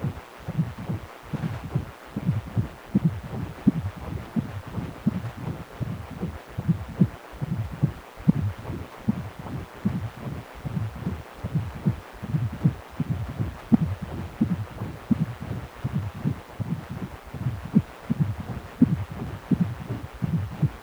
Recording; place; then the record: Doppler ultrasound of blood flow; precordium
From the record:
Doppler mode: continuous wave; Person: healthy adult, 18 to 50 years, no heart murmur, not diving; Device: 2.5 MHz transducer